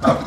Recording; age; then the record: pig call; growing-finishing pig (85 days or more)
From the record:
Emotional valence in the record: positive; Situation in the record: run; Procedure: transit